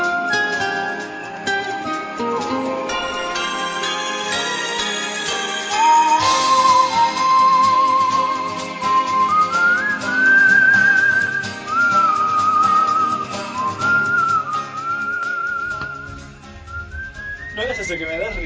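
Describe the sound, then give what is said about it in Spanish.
Someone whistles a melody in clear, sustained high notes that rise and fall in steps, with a busy background of other sounds and occasional voices underneath. “O sea, te pones a silbarlo, pero luego no puedes en directo.”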